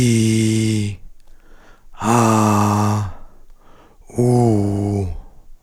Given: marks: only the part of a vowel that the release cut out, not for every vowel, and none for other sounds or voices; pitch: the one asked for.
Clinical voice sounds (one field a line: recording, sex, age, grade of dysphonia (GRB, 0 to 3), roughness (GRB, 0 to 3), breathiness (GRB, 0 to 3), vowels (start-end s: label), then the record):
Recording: sustained vowels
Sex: male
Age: 50 to 59 years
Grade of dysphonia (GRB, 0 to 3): 3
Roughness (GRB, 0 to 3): 3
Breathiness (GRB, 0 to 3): 1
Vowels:
0.00-0.75 s: vowel /i/, normal pitch
2.16-3.00 s: vowel /a/, normal pitch
4.45-5.00 s: vowel /u/, normal pitch
From the record:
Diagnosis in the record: cordectomy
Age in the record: 54 years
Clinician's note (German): Zustand danach